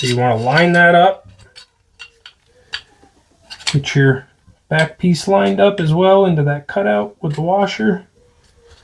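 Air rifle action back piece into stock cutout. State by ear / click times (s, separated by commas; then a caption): not seated / none. During reassembly of a Barra 250z PCP air rifle, the action's back piece with its washer is lined up with the cutout in the stock while someone talks. Brief light handling ticks occur around 2.3 and 2.7 seconds between the speech. The clip ends before the part goes in, and nothing has seated or snapped into place yet.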